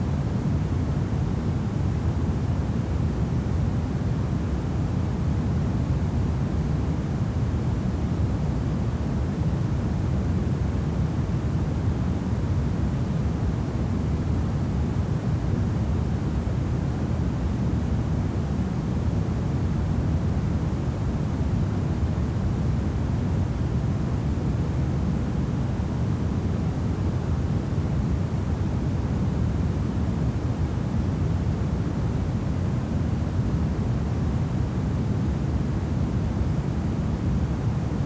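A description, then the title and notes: Soft, steady noise runs unchanged for the whole clip, with no breaks or separate events. The sound is weighted toward a low, dull rumble, with only a faint, muted hiss on top, so it resembles an engine drone more than a bright hiss. 1 full hour of pure, soft white noise.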